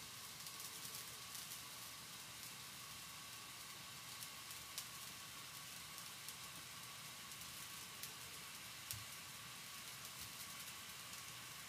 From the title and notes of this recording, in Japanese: 環境音 弁当用につくりおき。